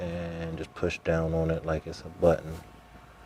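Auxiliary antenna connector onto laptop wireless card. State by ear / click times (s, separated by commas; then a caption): not seated / none. Someone talks while the auxiliary wireless antenna coax connector of an HP 360x laptop is lined up on top of its socket on the wireless card on the laptop board, ready to be pressed down like a button. The connector has not snapped or seated yet.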